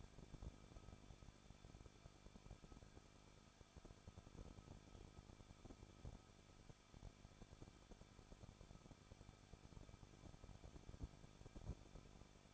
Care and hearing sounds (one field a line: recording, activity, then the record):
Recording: daily activity, microphone in the room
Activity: no activity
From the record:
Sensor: 5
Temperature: 20.9 degrees Celsius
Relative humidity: 38.1%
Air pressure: 1006.5 hPa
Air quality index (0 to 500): 187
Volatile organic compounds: 18 ppm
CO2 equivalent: 2618 ppm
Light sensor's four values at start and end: 2/3/1/1 and 2/3/1/1